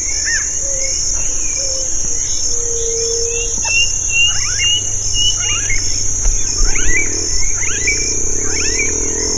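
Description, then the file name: Birds give sharp high downward-sweeping chirps and short whistles, mixed with a brief low hum, against a continuous high-pitched insect buzz. "SABIOD 50 bird 2015"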